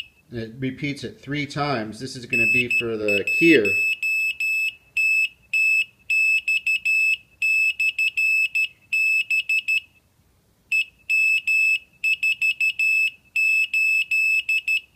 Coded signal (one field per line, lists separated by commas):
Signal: Morse code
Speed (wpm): 13 wpm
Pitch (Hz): 2600 Hz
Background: speech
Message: N1TTX/B EM48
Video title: Morse Code Beacon automatic keyer